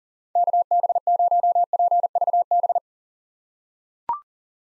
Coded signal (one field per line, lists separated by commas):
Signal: Morse code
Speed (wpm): 37 wpm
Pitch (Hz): 700 Hz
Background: none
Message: KB0PVB